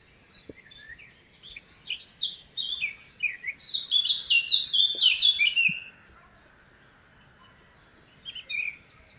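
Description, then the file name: Eurasian blackcap delivering a single song phrase, quiet twittering rising to a loud burst of clear, varied whistles, then a lone soft note after a pause. "Sylvia atricapilla"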